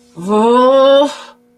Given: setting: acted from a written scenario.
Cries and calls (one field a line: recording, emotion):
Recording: vocal sound without words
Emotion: confusion